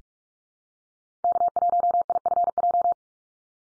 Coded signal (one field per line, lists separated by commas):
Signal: Morse code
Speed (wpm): 44 wpm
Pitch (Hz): 700 Hz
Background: none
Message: K1IFJ